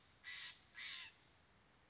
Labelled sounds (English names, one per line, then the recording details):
American Robin
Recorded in Sonoma County, California